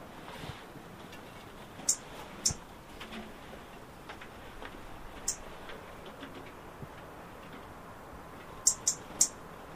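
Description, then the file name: European robin ticking: a pair of high sharp notes, a lone one, then a quick run of three near the end. "Erithacus rubecula"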